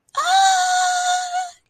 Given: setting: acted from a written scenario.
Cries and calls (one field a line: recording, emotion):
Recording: vocal sound without words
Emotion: adoration